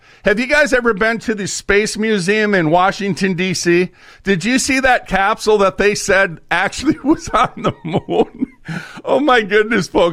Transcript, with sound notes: Have you guys ever been to the Space Museum in Washington, DC? Did you see that capsule that they said actually (laughs) was on the moon? Oh my goodness, folks.